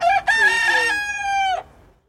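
Chicken: rooster crowing once: a short opening note, then a long harmonic-rich cock-a-doodle-doo that holds steady and drops off sharply at the end.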